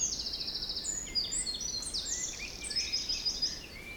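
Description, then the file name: Several birds singing together: buzzy high trills, short whistled notes and a rising slur, overlapping continuously above a low rumble of wind. Forest in spring, windy at 3 Beaufort, recorded at 1 pm. "Forest Spring Birds Windy 3 bft 1 pm"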